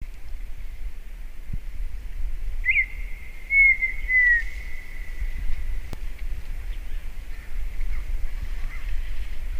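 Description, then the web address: Partridge uttering a single drawn-out whistle that jumps up then glides slowly downward, set against constant low-pitched rumbling noise. "perdiz canto"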